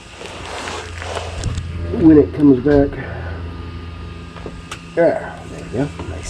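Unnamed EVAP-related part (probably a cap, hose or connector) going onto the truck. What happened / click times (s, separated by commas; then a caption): The part is being handled and has not yet clicked home / none. After an EVAP repair for a large-leak code (P0455) on a 2006 Chevy Avalanche truck, an unnamed EVAP-related part, probably a cap, hose or connector, is being handled before going onto the truck. Someone talks over a low steady hum, with a few short sharp handling taps. Nothing has seated or clicked yet.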